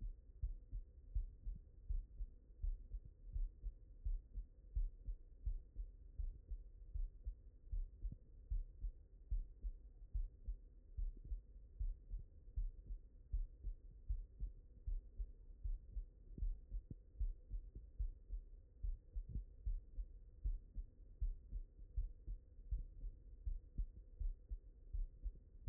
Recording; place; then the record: heart sounds by stethoscope; mitral valve (MV)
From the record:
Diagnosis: non-HFrEF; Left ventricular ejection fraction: 66%